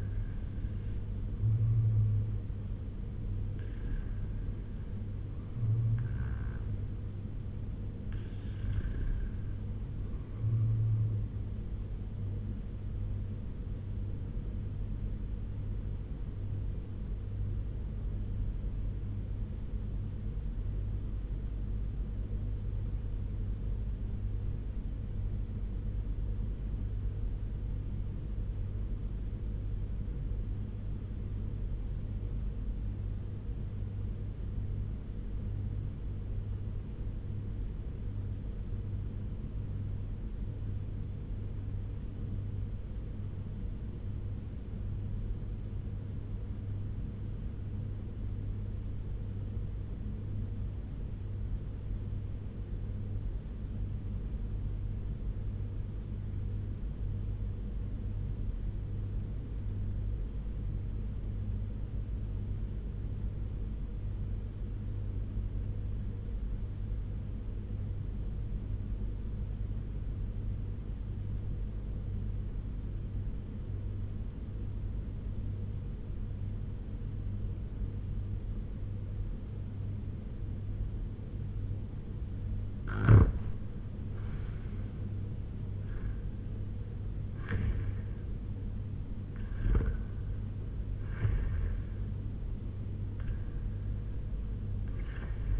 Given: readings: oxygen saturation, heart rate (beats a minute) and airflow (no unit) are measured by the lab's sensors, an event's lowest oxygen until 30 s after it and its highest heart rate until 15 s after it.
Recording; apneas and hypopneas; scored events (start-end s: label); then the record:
breathing in sleep by a smartphone at the bedside; 1
16.00-82.50 s: obstructive apnea (REM, oxygen 97% highest, then 80% lowest, heart rate 91 at the start, 96 highest)
From the record:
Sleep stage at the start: REM sleep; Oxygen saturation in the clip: 81 to 97%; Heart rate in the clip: 85 to 96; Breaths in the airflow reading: 7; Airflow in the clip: -9.3 to 6.9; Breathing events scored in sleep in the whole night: 201 in 6.5 hours asleep